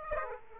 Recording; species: mosquito wingbeat signal from an infrared sensor; Aedes aegypti